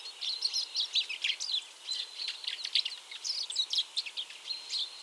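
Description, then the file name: European robin song: quick bursts of high, thin whistled notes and twittering phrases, run together with short pauses, against a faint background hiss. "Erithacus rubecula"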